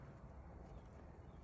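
A plastic linkage clip on a Yamaha outboard remote throttle linkage is moved back and lined up by hand before being pressed in with a finger, on the non-threaded section of the linkage. Only a steady low rumble with soft, irregular handling noise is heard. The clip has not snapped into place yet.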